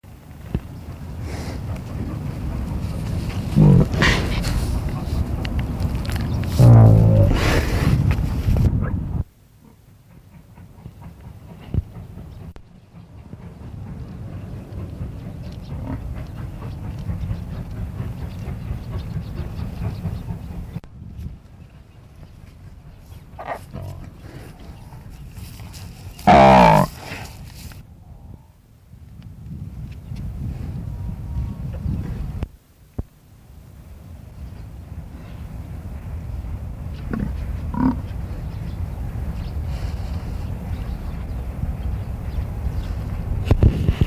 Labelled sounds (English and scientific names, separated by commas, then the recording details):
African Buffalo (Syncerus caffer) call
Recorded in captivity
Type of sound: call
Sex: female
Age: diverse
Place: Tierpark Berlin, Berlin, DE
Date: 1964-10-24 14:00
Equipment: Telefunken Magnetophon 300, Sennheiser MD 421, Transistorverstärker, Kopie Smaragd
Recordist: Tembrock, Günter
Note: Laute der Altkuh gegen Beobachter, dann jüngere Kuh bei Annäherung der alten, dann wieder die Altkuh gegen Beobachter. Abstand ca. 10 m. Aufnahme von 14.00 bis 17.00 Uhr